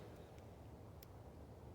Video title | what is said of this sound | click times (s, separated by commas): BMW E46 Project: M56 Valve Cover Install, featuring Super Clean @SuperEasySuperFast | and you simply insert it until it clicks | 1.0 s